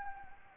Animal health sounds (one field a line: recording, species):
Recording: mosquito wingbeat signal from an infrared sensor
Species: Anopheles gambiae